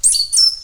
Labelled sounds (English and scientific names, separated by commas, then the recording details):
Stitchbird (Notiomystis cincta) song
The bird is a male
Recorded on Tiritiri Matangi Island, New Zealand, in 2005
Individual 5, of nest box 6